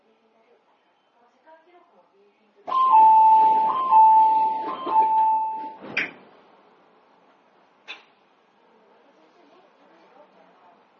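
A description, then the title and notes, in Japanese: Aboard an Izukyu 8000 series train, a quiet stretch breaks into about three seconds of loud steady tones and voice, then sharp clicks near six and eight seconds before a soft hum. 伊豆急8000系 伊豆急下田〜伊東。伊豆急行線の全区間の録音です。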